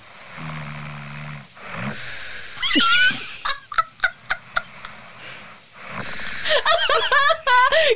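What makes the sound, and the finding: Adult, asleep. Snoring.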